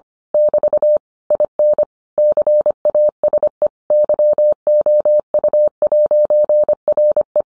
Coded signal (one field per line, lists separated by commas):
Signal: Morse code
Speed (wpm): 25 wpm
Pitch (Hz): 600 Hz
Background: none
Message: <BT> IN CASE YOU'RE